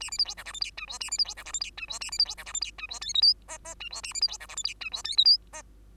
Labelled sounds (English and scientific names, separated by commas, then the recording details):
Bengalese Finch (Lonchura striata domestica) song
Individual Bird2